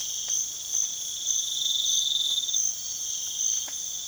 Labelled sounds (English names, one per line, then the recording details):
none
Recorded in pastures near Puerto Asís, Putumayo, Colombia, on 12 March 2025 at 05:00
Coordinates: 0.487, -76.322
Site G077